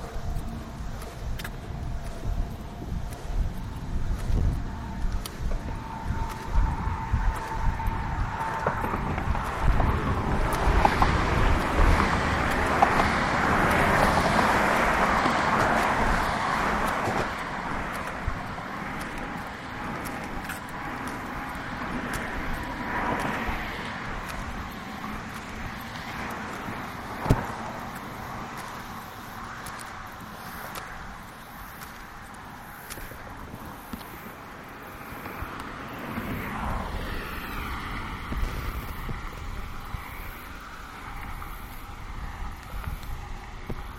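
A neighborhood walk with traffic passing, a vehicle swelling loudest around 10–17 seconds, then a steadier hum with brief voices and clicks.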